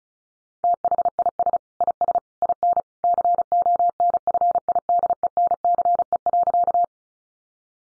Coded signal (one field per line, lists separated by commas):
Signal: Morse code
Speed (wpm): 34 wpm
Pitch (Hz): 700 Hz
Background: none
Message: THIS IS IN CONFIDENCE.